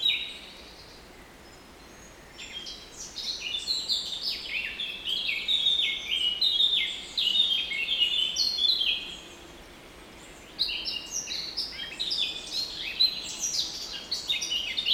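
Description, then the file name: Eurasian blackcap song: two long, rapid warbling phrases of varied high notes, separated by a short silent pause. "Sylvia atricapilla"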